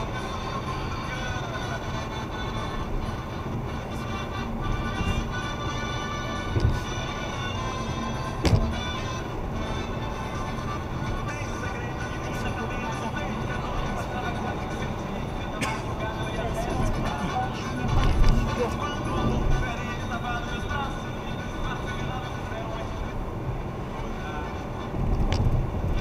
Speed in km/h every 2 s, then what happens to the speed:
121, 122, 123, 124, 124, 124, 125, 125, 124, 122, 120, 119, 120.
0-26 steady at about 123.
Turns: none.